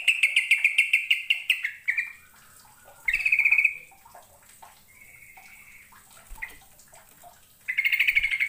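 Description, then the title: Bird song: rapid trills broken by quieter notes and pauses, with a loud trill returning at the end. "Kicau Burung"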